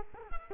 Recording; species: mosquito wingbeat signal from an infrared sensor; Culex quinquefasciatus